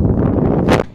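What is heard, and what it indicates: Low steady mechanical rumble with a brief airy hiss near the end: a home mechanical ventilator running.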